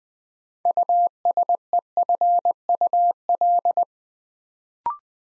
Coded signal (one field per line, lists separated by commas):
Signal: Morse code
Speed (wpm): 20 wpm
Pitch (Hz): 700 Hz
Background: none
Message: USEFUL